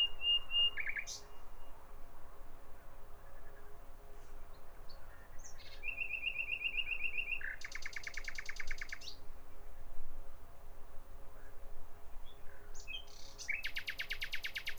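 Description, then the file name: Common nightingale song: a sharp high note, then a level repeated rattling series and a fast buzzy trill near the end, with quiet gaps. "Nachtigall"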